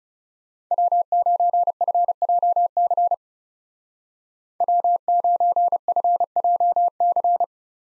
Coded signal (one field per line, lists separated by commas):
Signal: Morse code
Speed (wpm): 36 wpm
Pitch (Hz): 700 Hz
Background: none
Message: W9FJC W9FJC